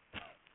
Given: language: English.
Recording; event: throat vibration sensor signal played as sound; cough